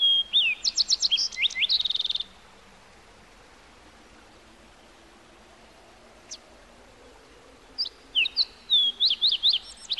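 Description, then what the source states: Bird song, a fast series of high chirps, a quiet stretch with one faint click-like note, then another rapid chirping phrase. Heard in the morning.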